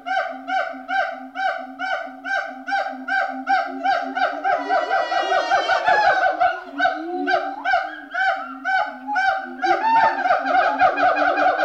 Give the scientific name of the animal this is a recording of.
Hylobates pileatus